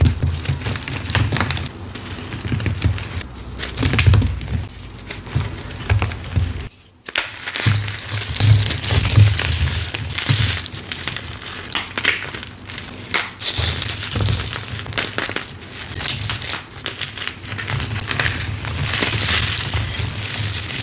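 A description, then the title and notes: Soft, crispy crunches of dyed gym chalk, continuous with dense crinkly texture, a steady low hum beneath, and a brief silence near seven seconds. Bon Ami Dipped Dyed Gym Chalk ASMR Edits Compilation + 2X SPEED VERSION. Soft crispy powdery crunches of dyed gym chalk asmr and oddly satisfying sounds.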